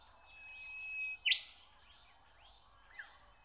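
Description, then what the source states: Nightingale song: a steady high whistle, then one loud buzzy rising burst and a short downslurred note, with faint other birds behind. Song recorded in spring.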